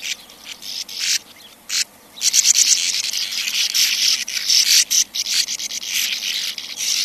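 Sand martin calls, a few rasps, then a dense buzzy chatter from about two seconds on.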